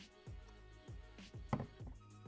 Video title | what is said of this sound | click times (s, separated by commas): iPhone 16 Pro - UAG Plasma XTE Case Review | and trying to get it out of it yeah you can hear that snap there | 1.5 s